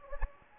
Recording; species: mosquito wingbeat signal from an infrared sensor; Anopheles gambiae